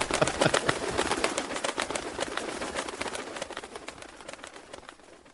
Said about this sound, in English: Why are these chickens talking so much, man?